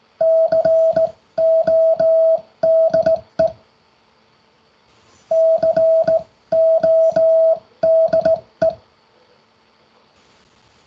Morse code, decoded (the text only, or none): CODE CODE